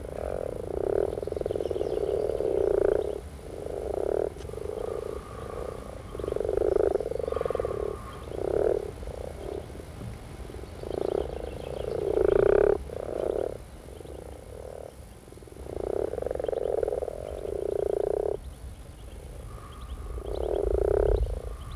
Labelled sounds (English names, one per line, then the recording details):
Common Frog call
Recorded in the wild
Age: adult
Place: Berlin, OT Blankenfelde, Berlin, DE
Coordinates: 52.6167, 13.3833
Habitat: pond
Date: 1963-04-14 13:00
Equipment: Minifon, Kopie Smaragd
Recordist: Tembrock, Günter